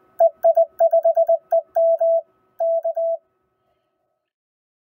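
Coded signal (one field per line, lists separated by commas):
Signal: Morse code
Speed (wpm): 20 wpm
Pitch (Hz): 660 Hz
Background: radio noise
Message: EI5EM K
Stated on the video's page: Sent from a 20m QCX mini QRP transceiver driving a QRP Labs 50W amplifier, keyed by an RF-activated relay, running about 20W at 13.8V.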